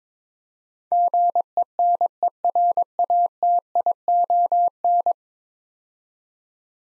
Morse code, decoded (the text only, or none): GENERATION